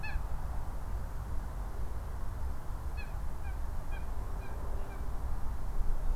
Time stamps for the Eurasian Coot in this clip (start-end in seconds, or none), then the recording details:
0.02-0.14, 2.97-3.10, 3.43-3.52, 3.92-3.99, 4.42-4.49, 4.90-4.96. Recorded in France